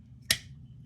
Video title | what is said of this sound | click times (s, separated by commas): Transformers legacy Twin Twist wreak and rule collection | Obviously it snaps back into place pretty sweetly, but as soon as you start moving him again, | 0.3 s